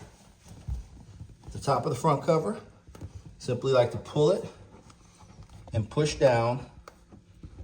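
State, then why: Seated. Someone talks while the top edge of a front trunk cover is pulled and then pushed down into the rubber weather stripping. A single sharp tick at 6.9 s marks the edge locking into place.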